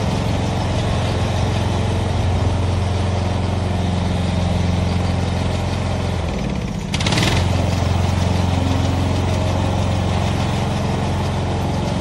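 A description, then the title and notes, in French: A lawn mower engine drones steadily with a low, rough hum and a strong deep tone throughout. Around the seven-second mark the pitch dips briefly, followed by a short bright burst of noise, then the steady running resumes at a slightly higher level. Le doux ronronnement de la tondeuse à gazon. Le bruit de la tondeuse à gazon.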